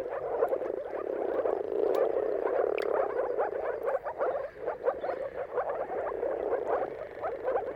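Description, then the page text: Moor frogs calling in a dense chorus, overlapping soft bubbling croaks in rapid pulses, steady throughout with brief surges in loudness. Mating calls of many moor frogs in a dawn chorus at sunrise, at the turn of March and April, timing depending on the weather. "Jakub-Orzecki moor frogs. Dawn’s Chorus: Mating Calls of Marsh Frogs at Sunrise. Depending on the weather at the turn of March and April, you can witness an amazing spectacle of moor frogs"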